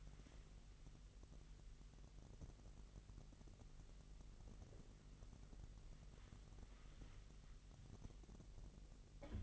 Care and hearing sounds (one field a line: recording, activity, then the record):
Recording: daily activity, microphone in the room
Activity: wipe stove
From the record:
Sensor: 4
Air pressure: 1001.7 hPa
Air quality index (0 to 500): 247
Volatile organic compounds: 40 ppm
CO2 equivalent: 3152 ppm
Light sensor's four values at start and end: 8/19/7/7 and 8/18/7/6